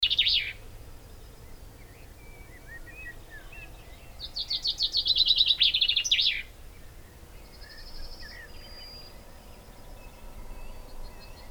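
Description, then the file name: Common chaffinch song: a bright, fast series of repeated notes ending in a short flourish, with softer calls before and after. "Fringilla coelebs"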